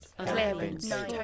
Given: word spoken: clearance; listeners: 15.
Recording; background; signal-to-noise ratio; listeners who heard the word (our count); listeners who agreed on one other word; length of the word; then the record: one English word in noise, from a listening test; four-talker babble; -0.7 dB; 2 of 15; 7 of 15; 0.84 s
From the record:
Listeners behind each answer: 7, 2, 1, 1, 1, 1, 1, 1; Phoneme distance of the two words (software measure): 34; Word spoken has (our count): 2 syllables, 7 phonemes, stress on syllable 1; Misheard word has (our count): 2 syllables, 5 phonemes, stress on syllable 1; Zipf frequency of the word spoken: 3.76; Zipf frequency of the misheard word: 5.01